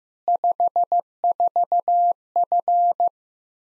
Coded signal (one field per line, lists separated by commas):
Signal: Morse code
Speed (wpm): 15 wpm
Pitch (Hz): 700 Hz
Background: none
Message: 54F